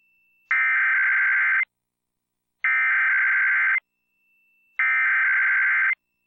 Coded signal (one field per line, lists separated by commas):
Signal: Emergency Alert System (SAME) tones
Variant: header bursts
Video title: (reupload) EAS of the Week - 4/13/2019